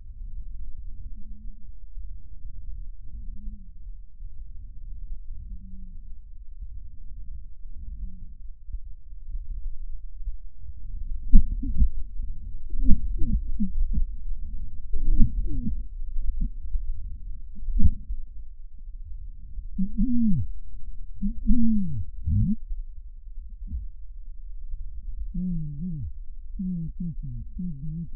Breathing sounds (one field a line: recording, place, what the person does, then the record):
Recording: lung sounds by stethoscope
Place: left posterior apical chest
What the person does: quiet breathing, then cough and speech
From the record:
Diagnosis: COPD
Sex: male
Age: 75 years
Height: 182 cm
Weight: 98 kg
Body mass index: 29.6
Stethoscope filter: bell mode